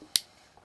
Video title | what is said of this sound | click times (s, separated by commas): Unboxing & Review Powerfix Rotary Hole Punch Sold By Lidl | you go it just locked into place again | 0.2 s